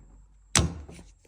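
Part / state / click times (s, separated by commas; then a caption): wiper blade onto wiper arm hook / seated / 0.6 s. A wiper blade adapter on an Outback XT is fitted up onto the hook of the wiper arm and pulled until it seats. A sharp, loud click at 0.6 s shows it snapping into place, followed by fainter small rattles. The blade is now locked onto the arm.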